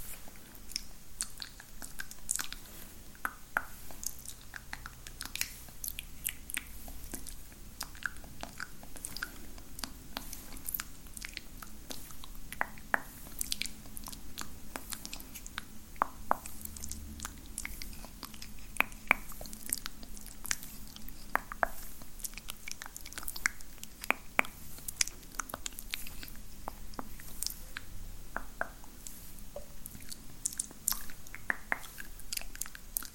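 Spit painting with random objects: wet mouth clicks, smacks and squishy chewing-like sounds come in a dense, uneven stream for the whole half minute, sharp and bright at the top. A low, steady hum stays underneath throughout.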